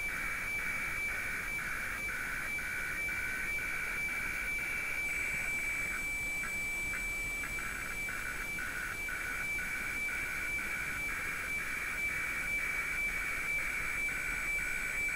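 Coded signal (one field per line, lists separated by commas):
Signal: weather fax (radiofax)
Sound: steady raspy warbling tone with a regular tick-tock beat twice a second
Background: radio static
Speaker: Voilà, la réception de notre fax est partie.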